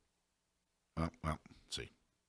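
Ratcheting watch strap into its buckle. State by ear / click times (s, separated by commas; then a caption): not seated / none. A ratcheting watch strap, using the same ratchet system as a gun belt, is being handled as its end is brought toward its buckle while someone talks briefly. Nothing has seated or clicked yet; the strap has not engaged the buckle by the end of the clip.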